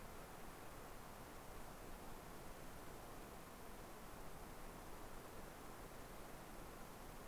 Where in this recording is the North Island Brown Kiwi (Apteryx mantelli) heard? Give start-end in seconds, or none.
none